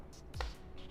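An optical audio cable plug is lined up with the optical input of a SonicGear StudioBox 2-HD Bluetooth speaker and pushed in. There is a low thump at 0.3 seconds, then a sharp, bright click at 0.4 seconds, against a quiet background. The plug is confirmed seated in the speaker's optical input.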